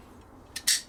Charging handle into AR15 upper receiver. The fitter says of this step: This also clicks right into place.